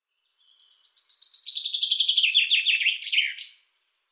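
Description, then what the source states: Common chaffinch song: a bright, accelerating trill sliding downward through repeated notes and closing with a quick terminal flourish, heard once against quiet surroundings. Labelled autumn 2013 (podzim 2013).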